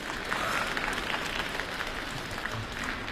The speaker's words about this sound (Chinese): 谢谢，谢谢大家啊。热情的掌声。